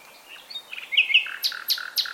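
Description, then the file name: Common nightingale song: a varied phrase of thin whistles and chirps building to loud sharp notes, then a run of low repeated notes, each paired with a high click. "Luscinia megarhynchos"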